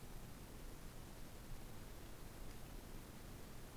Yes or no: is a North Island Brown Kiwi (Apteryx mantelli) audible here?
no